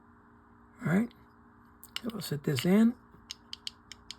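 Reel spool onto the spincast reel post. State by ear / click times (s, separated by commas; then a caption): seated / 3.7 s. Someone talks while the spool of a Pflueger International 531 spincast fishing reel is set down over the reel's post so the post fits into the hole in the bottom of the spool. A series of small, sharp mechanical clicks follows, and the spool locks into place at 3.7 s.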